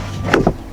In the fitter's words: Grab that little latch and latch it into place.